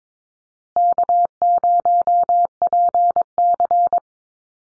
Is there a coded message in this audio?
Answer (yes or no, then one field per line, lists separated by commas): yes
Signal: Morse code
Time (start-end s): 0.8-4.0 s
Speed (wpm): 22 wpm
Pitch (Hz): 700 Hz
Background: none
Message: K0PC